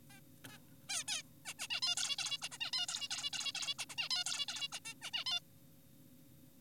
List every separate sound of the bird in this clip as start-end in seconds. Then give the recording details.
0.10-0.20, 0.49-0.58, 0.89-1.04, 1.08-1.23, 1.46-1.54, 1.59-1.68, 1.70-1.80, 1.82-1.95, 1.97-2.16, 2.18-2.38, 2.42-2.49, 2.52-2.58, 2.61-2.71, 2.73-2.86, 2.88-3.08, 3.11-3.30, 3.33-3.52, 3.55-3.74, 3.79-3.85, 3.90-3.96, 3.98-4.09, 4.11-4.24, 4.26-4.46, 4.48-4.68, 4.72-4.79, 4.85-4.94, 5.02-5.11, 5.14-5.24, 5.26-5.40. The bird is an adult. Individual g4p5U